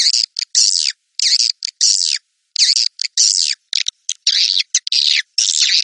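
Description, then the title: Swiftlet calls in short raspy bursts, each a buzzy chirp lasting a fraction of a second, separated by brief silent gaps at an uneven pace. "Suara Burung Wallet"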